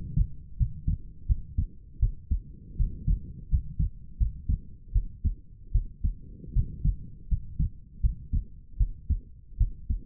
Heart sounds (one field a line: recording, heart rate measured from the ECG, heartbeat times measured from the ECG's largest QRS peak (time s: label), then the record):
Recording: heart sounds by stethoscope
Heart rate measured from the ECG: 80 bpm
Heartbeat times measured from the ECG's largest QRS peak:
0.57 s: heartbeat
1.27 s: heartbeat
2.00 s: heartbeat
2.77 s: heartbeat
3.49 s: heartbeat
4.18 s: heartbeat
4.93 s: heartbeat
5.72 s: heartbeat
6.53 s: heartbeat
7.29 s: heartbeat
8.01 s: heartbeat
8.78 s: heartbeat
9.58 s: heartbeat
From the record:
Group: healthy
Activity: rest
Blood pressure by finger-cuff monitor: 99/64 mmHg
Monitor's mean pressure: 74 mmHg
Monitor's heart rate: 81 bpm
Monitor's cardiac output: 6.7 L/min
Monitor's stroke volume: 83 mL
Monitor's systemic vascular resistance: 800 dyn s/cm5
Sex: female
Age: 19 years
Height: 163 cm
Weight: 48.9 kg